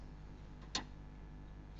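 A graphics card is pushed with a little force into the top PCIe slot of the motherboard until the slot's retention latch locks. A single sharp click is heard at 0.8 s over a steady low hum, and the card is seated.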